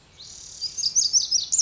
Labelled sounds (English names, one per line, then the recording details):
Pacific Wren
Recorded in Sonoma County, California